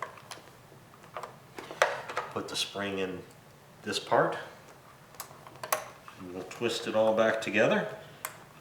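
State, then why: Seated. After the plunger and spring are put back in, the plastic valve cap is twisted onto the dispense valve body of a carpet cleaner while someone talks, with small handling ticks throughout. A single sharp click at 8.3 s marks the valve twist-locking together, seated in place.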